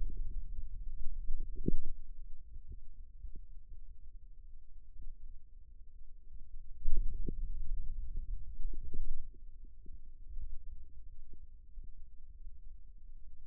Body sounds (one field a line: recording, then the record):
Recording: forearm muscle sounds (acoustic myography)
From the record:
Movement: radial deviation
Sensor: system 2, bracelet of six BSWA MPA416 microphones around the upper forearm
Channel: 1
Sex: male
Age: 22 years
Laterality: right